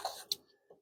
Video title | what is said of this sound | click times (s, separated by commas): Front Facing Seat Belt Installation, Nuna Rava | So push it all the way down until it clicks. | 0.3 s